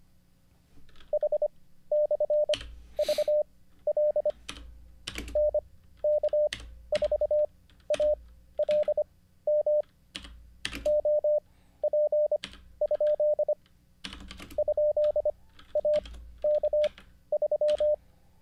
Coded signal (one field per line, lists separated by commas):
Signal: Morse code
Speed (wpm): 25 wpm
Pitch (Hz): 600 Hz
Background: none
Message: H / V L N K 4 A L M O P ? ? A K 3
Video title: How to Weather the Coronavirus by Learning Morse Code LIVE with N0SSC (Day 32)